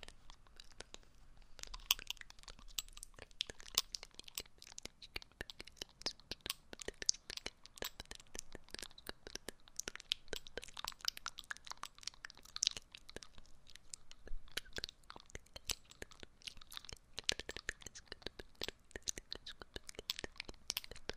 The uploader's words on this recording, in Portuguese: ASMR com o microfone 3DIO. Conta-gotas e inaudível.